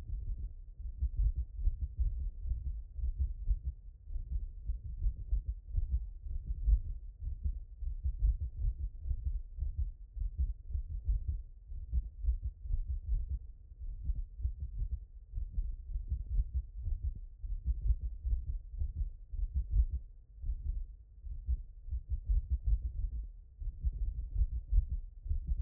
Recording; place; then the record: heart sounds by stethoscope; tricuspid valve (TV)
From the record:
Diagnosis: HFrEF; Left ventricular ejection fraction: 29%